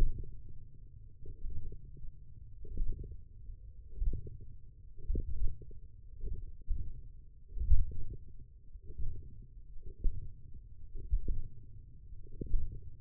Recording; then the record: forearm muscle sounds (acoustic myography)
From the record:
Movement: ulnar deviation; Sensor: system 1, eight BSWA MPA416 microphones around the upper forearm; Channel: 4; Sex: male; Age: 20 years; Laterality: left